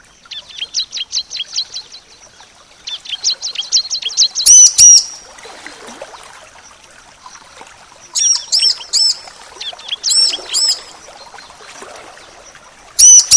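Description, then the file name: Bar-winged prinia song: quick series of sharp, high ticking notes, then loud paired whistled bursts at irregular intervals. "ciblek macet"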